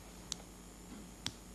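A hinged gimmick magic ring, an original Himber ring with a double snap, is snapped shut a second time to demonstrate its latch. Two sharp clicks sound at 0.3 s and 1.3 s against a quiet background. The two clicks confirm the ring is definitely closed.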